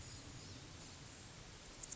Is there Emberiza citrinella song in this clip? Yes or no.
no